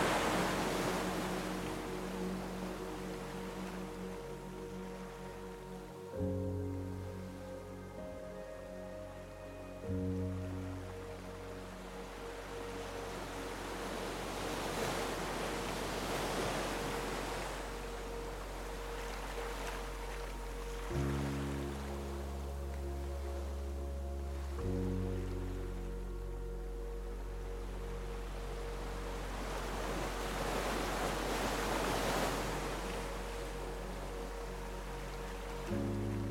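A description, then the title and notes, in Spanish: Ocean waves wash in over soft, sustained music, the surf swelling into a hiss roughly every eight to ten seconds and easing back between. The music holds low, steady chords that shift at about 6, 10, 21 and 25 seconds, staying calm and unhurried throughout. Sumérgete en un idílico viaje sonoro donde los sonidos naturales y auténticos de las olas se mezclan con música suave y relajante, creando un ambiente perfectamente calmante. El Sonido de las OLAS y la MÚSICA Relajante.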